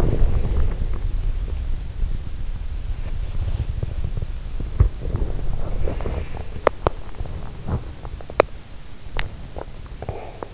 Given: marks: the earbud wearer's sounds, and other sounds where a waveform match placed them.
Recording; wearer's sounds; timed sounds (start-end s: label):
sounds in sleep by an in-ear microphone; body movement, teeth grinding, swallowing
0.00-6.31 s: body movement
6.52-8.63 s: teeth grinding
9.05-10.54 s: swallowing